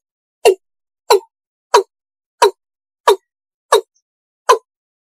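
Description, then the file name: East Asian bullfrog: frog call of brief, hollow knock-like croaks, seven in a row at a fairly regular pace of about one and a half per second. "tieng ga dong"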